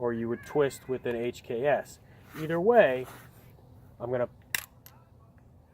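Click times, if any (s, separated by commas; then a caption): 4.6 s. A revolver speedloader with its rounds lined up in the cylinder is pushed or twisted to release the cartridges into the cylinder. Someone talks, then a sharp metallic click sounds at 4.5 s, followed by a few faint ticks. The rounds are released into the cylinder.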